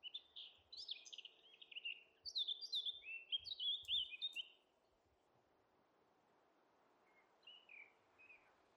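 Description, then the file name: Eurasian blackcap song: a sweet, fluty warbled phrase of clear notes lasting several seconds, then quiet with a few faint softer notes near the end. "Sylvia atricapilla"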